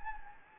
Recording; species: mosquito wingbeat signal from an infrared sensor; Anopheles gambiae